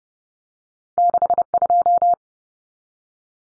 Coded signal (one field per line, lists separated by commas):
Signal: Morse code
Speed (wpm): 30 wpm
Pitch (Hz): 700 Hz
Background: none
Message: 62